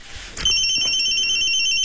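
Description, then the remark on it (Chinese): A telephone rings with a steady, high electronic tone that starts abruptly after a brief rustle and continues unbroken to the end, fairly loud and alone with no one talking. “按我说的接电话”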